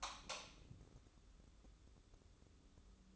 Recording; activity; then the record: daily activity, microphone in the room; light on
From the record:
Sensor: 3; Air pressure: 995.3 hPa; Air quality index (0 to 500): 81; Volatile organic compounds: 6 ppm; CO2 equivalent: 1935 ppm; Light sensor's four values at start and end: 9/21/8/8 and 12/30/12/12